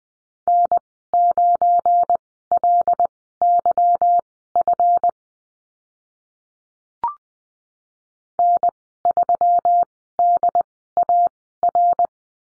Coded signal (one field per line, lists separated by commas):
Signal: Morse code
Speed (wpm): 20 wpm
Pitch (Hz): 700 Hz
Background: none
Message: N9LYF N3DAR